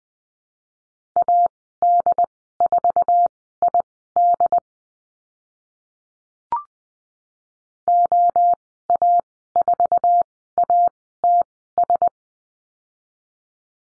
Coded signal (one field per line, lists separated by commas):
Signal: Morse code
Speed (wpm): 20 wpm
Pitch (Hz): 700 Hz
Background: none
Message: AD4ID OA4ATS